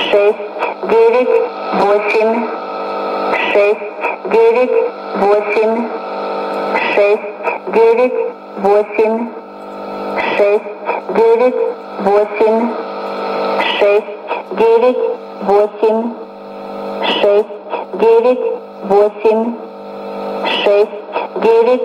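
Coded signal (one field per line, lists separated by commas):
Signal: numbers station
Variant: S06s, Russian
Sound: woman's voice reading numbers in Russian in steady, evenly spaced groups over radio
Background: radio static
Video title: 07 05 2020 S06s Russian Lady numbers station in Russian to Eu 0930 on 9255 unknown tx site USB+AM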